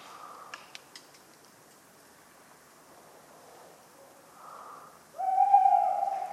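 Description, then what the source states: Tawny owl hoot, loud and steady near the end, after soft breathy sounds and a few faint ticks. A talkative owl on a cold autumn night, 11 November 1995, at the Ménigoute ornithological film festival, France, with acorns falling regularly; the recordist fell asleep and his sleeping sounds mix in.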